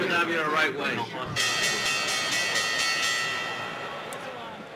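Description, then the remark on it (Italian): A brief voice gives way to the stock exchange opening bell, the first bell of the trading year, a loud, bright, sustained electric ringing with a rapid pulsing shimmer that carries on steadily to the end. “allora la prima scampanellata dell'anno di borsa.”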